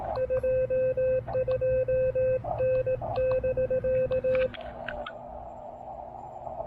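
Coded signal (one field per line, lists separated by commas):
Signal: Morse code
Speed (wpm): 18 wpm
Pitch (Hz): 520 Hz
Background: radio noise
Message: 22N <BK>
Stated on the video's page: Park activation on 20 and 40 meters with an Elecraft K1 QRP rig, including a park-to-park contact.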